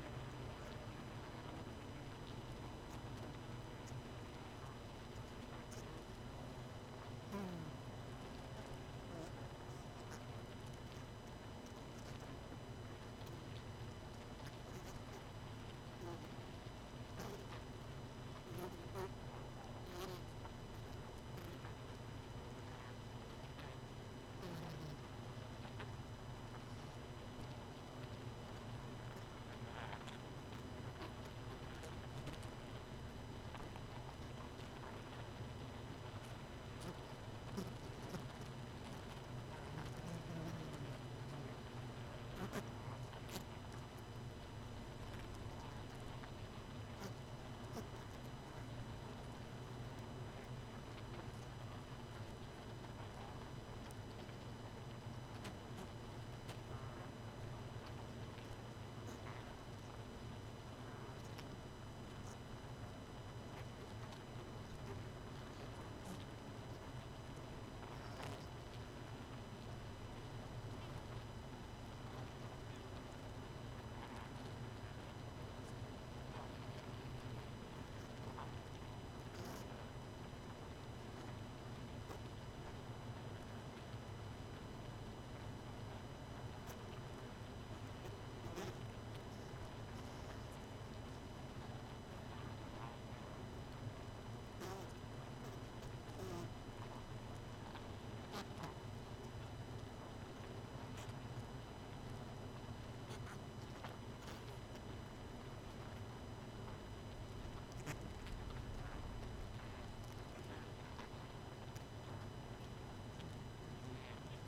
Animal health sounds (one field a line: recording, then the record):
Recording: honeybee colony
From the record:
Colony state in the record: missing queen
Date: 31 May 2018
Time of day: 23:33